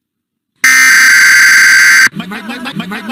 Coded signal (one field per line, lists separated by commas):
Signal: Emergency Alert System (SAME) tones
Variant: header bursts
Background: speech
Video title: EAS YTP do not swim agast the tornado warning